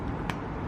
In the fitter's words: actually locks into a plastic barrel inside the cap and if I slide it in you can just hear it click into place